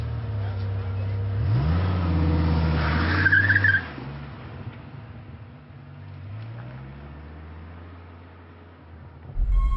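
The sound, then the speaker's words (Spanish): A car engine drones low, then revs with rising pitch and a brief tire squeal before settling into a quieter, steady hum that slowly swells and dips as the car drives on. “Luego caminó dócilmente a mi lado hasta el coche y subió, mirándome con una sonrisa de inequívoca superioridad.”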